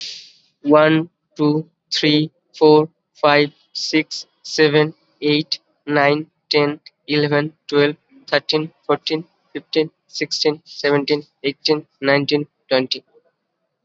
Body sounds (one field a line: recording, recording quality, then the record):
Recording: counting at a normal pace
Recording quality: excellent, no background noise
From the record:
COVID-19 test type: RT-PCR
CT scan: not taken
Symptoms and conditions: none ticked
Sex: male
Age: 19 years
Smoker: no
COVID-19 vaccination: both doses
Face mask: worn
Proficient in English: yes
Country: India